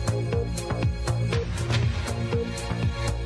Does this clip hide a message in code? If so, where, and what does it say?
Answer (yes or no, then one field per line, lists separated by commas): no